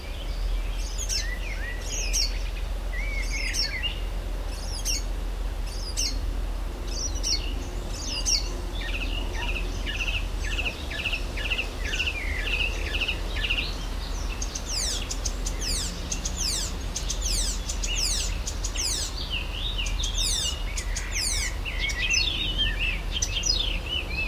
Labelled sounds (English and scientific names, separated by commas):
Icterine Warbler (Hippolais icterina)